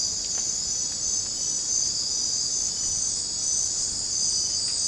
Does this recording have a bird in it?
no